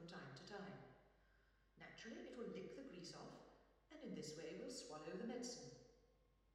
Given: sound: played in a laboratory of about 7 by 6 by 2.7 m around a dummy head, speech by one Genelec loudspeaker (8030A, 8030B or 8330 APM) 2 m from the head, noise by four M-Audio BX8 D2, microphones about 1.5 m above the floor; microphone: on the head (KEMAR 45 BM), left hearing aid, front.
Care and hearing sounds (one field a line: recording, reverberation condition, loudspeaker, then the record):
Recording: female speech in English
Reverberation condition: high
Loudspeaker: 120 degrees to the left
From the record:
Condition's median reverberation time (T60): about 1300 ms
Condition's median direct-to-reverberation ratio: about -4.0 dB